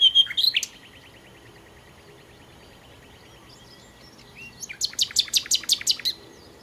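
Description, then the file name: Common nightingale song: a sharp opening phrase, then a soft fast rattle, and later a loud burst of rapidly repeated notes. "Nachtigall"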